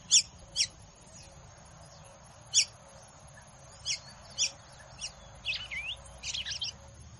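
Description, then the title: Red-cowled cardinal song: sharp clipped notes at first, then a busier series of rising and twisting warbled phrases, over a faint steady high tone. Female; song described as "batendo fogo" style. "Canto Galo Campina Fêmea 02. Galo de Campina batendo fogo ( Canto de Pássaros )"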